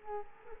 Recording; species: mosquito wingbeat signal from an infrared sensor; Culex quinquefasciatus